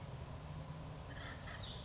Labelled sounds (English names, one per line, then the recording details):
Acorn Woodpecker
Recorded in Sonoma County, California